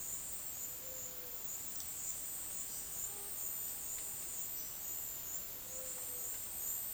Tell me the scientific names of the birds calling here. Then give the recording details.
none. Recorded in dense forest near Puerto Asís, Putumayo, Colombia, on 20 February 2024 at 11:30. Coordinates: 0.502, -76.326. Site G6460